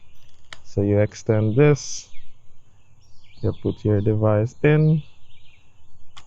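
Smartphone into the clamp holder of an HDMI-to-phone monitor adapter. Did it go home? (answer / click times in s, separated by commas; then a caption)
yes / 6.2 s. Someone talks while a smartphone is pushed into the spring clamp holder of an HDMI-to-phone monitor adapter mounted on a camera rig. A sharp snap is heard at 6.2 s as the phone seats in the clamp.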